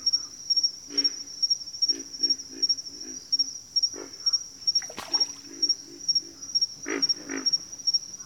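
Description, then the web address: Pig frog chorus of low, rough grunts in irregular bursts, with a continuous shrill pulsing insect buzz throughout and a brief sweeping sound midway. Several pig frogs calling in a bayou. "The Natural Sounds of the Wilderness. Echoes of Nature - Bayou. Pig Frogs"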